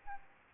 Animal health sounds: mosquito wingbeat signal from an infrared sensor; Aedes albopictus

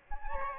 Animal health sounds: mosquito wingbeat signal from an infrared sensor; Aedes albopictus

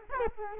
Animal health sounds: mosquito wingbeat signal from an infrared sensor; Culex quinquefasciatus

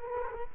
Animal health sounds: mosquito wingbeat signal from an infrared sensor; Culex quinquefasciatus

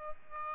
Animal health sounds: mosquito wingbeat signal from an infrared sensor; Aedes albopictus

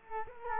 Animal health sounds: mosquito wingbeat signal from an infrared sensor; Culex quinquefasciatus

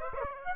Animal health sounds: mosquito wingbeat signal from an infrared sensor; Aedes aegypti

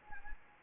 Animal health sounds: mosquito wingbeat signal from an infrared sensor; Anopheles arabiensis

